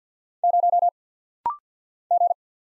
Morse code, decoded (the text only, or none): 0 G